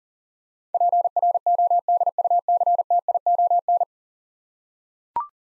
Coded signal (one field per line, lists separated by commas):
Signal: Morse code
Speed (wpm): 40 wpm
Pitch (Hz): 700 Hz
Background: none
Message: PRODUCTION